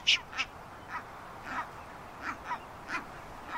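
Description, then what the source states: Brown Booby calls: harsh notes given singly at uneven intervals, about eight in under four seconds, with no other clear sounds. Recording played back to illustrate a species very rare in Wisconsin.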